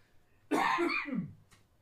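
One loud, forceful cough from an adult man who is getting over COVID, under a second long, with a harsh voiced tail, heard in a small room.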